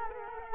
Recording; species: mosquito wingbeat signal from an infrared sensor; Culex quinquefasciatus